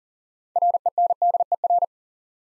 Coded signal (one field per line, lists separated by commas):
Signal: Morse code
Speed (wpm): 41 wpm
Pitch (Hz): 700 Hz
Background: none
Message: RENDER